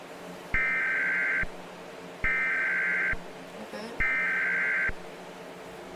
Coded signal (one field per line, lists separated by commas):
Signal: Emergency Alert System (SAME) tones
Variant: header bursts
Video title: Scary EAS scenario